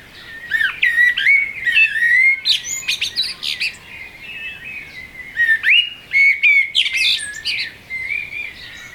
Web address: audio blackbird